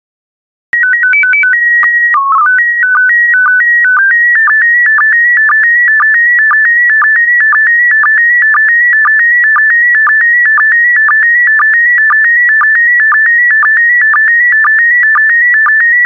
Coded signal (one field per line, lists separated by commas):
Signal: SSTV (slow-scan television)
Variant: PD 120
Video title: 3055 World War II Planes SSTV PD120